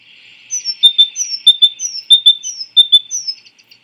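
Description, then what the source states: Great tit song: a high slurred downward whistle followed by two lower clipped notes, the phrase repeated five times in quick rhythm. A second, different song type of the great tit.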